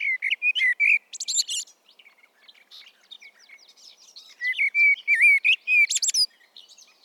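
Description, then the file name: Common blackbird song: low fluted warbling phrases ending in squeaky high twitters, two bursts separated by a quieter stretch of faint bird chatter. "Turdus merula"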